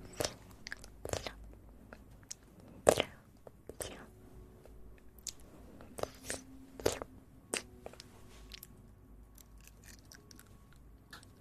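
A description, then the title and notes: Ear eating: sharp, crunchy bites and wet mouth clicks come in irregular bursts, with the loudest snaps near 0, 1, 3, 4, 6.5 and 7.5 seconds. Softer smacking and chewing ticks fill the gaps over a low, quiet hum. Relaxing Ear Eating.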